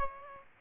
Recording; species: mosquito wingbeat signal from an infrared sensor; Aedes aegypti